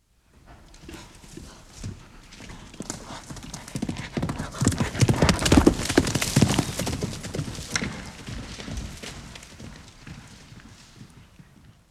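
Horse galloping: rapid drumming hoofbeats build to a loud peak midway, then fade steadily away.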